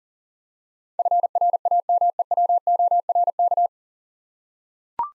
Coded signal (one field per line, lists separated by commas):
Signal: Morse code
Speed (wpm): 40 wpm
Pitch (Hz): 700 Hz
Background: none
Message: FRAMEWORK